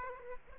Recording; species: mosquito wingbeat signal from an infrared sensor; Aedes aegypti